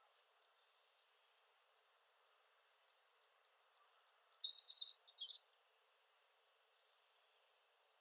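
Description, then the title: Palm tanager twittering, high sibilant chips building into a continuous squeaky twittering run, then silence and a final short burst. "Sanhaçu-do-coqueiro (Tangara palmarum)"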